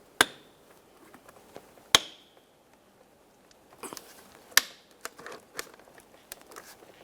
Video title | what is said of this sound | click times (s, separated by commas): How to Replace Side Mirror Glass 2000-2006 Chevy Tahoe | once you have both of those secure we're going to go ahead and press on the center of this and listen for several clicks | 0.2 s, 2.0 s, 4.6 s